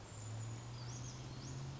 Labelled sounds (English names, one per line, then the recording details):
Brown Creeper
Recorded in Sonoma County, California